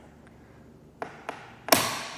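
The torque-limiting knob on the frame support of a Thule ProRide XT roof bike rack is tightened onto the bike frame until its limiter clicks, showing the bike is secure. Short, sharp ticks sound at 1.0 s, 1.3 s and 1.7 s, the last one the loudest, after a faint tap near 0.3 s. No one talks.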